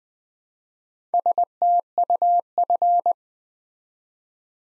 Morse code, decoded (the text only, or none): STUF